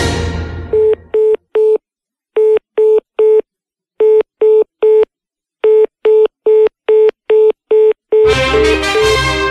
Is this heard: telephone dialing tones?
yes